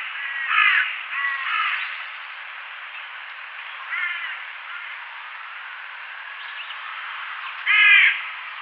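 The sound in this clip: Crow cawing, with two rough caws close together at first, a fainter one midway, then a loud final caw after a long pause, over a steady hiss.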